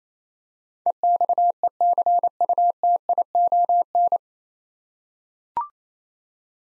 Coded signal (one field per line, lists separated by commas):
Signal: Morse code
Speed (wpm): 27 wpm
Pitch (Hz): 700 Hz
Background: none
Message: EXECUTION